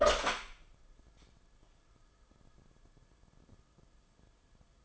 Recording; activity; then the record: daily activity, microphone in the room; open door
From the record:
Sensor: 5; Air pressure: 994.4 hPa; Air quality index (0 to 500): 186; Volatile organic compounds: 1000 ppm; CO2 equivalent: 5472 ppm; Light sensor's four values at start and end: 11/29/11/13 and 14/35/14/16